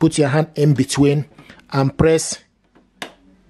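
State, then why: Released. Someone talks while a hand reaches between the cartridges in the carriage of an Epson XP-8700 inkjet printer and presses the latch of one plastic ink cartridge. A sharp click sounds at 3.0 s as the latch clicks open, releasing the cartridge so it can be removed.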